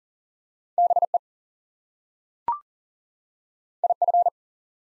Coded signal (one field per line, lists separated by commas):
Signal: Morse code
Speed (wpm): 39 wpm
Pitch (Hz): 700 Hz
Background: none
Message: BE IF